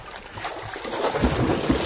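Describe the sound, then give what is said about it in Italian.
Water splashing and churning as someone dives in and swims a few strokes, a steady broad wash with a couple of sharper splashes toward the end, no voices. “Dottor Franzetti, ci siamo tuffati, stiamo anche facendo due bracciate e anche l'acqua, un po' come l'alta quota, mette un po' alla prova il nostro orecchio.”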